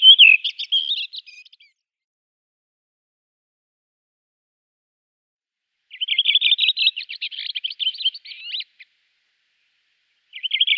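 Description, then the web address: Redwing song: short phrases of whistled notes and scratchy twittering, one at the start, a longer one near six seconds, and another beginning just before the end, with silence between and no other sounds. "Schulze Peter Redwing song"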